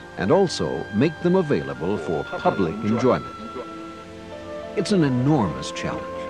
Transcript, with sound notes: and also make them available [echo-y] for public enjoyment. It's an enormous challenge.